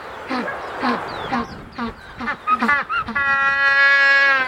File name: African Penguin